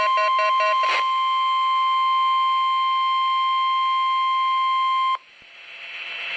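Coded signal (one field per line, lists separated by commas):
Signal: Emergency Alert System (SAME) tones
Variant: 1050 Hz attention tone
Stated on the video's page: Required Weekly Test of the EAS from a NOAA weather radio station.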